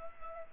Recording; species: mosquito wingbeat signal from an infrared sensor; Culex pipiens